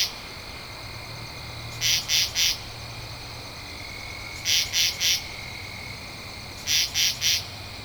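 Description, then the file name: Katydid calling in three groups of three raspy pulses, each group about two and a half seconds after the last. Recorded 2 October 2012. "Katydid-20121002"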